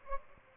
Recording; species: mosquito wingbeat signal from an infrared sensor; Aedes albopictus